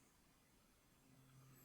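The fold-out support leg at the base of an aluminium Yunteng VCT-288 monopod with fluid head is handled as it is extended toward its locked position. Only a quiet, steady background hiss is heard, with a low humming tone rising slightly in level from about 1.1 s. Nothing has seated or clicked yet.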